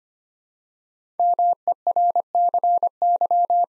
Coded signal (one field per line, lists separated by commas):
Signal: Morse code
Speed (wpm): 25 wpm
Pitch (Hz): 700 Hz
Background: none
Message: MERCY